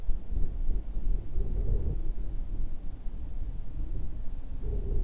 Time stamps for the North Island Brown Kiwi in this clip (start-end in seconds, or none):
none